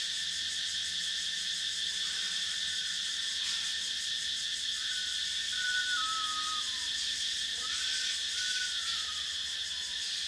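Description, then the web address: Cicadas buzz in an unbroken high, pulsing chorus while a bird sings several clear whistled notes, some falling in pitch, across the second half. Forest cicadas with other insects and birds, recorded at night in a Thailand forest. "Charlie Atanasyan - Thailand sound library by Faunethic Forest cicadas"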